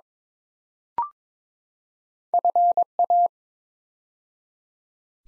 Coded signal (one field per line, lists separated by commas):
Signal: Morse code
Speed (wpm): 22 wpm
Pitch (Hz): 700 Hz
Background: none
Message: FA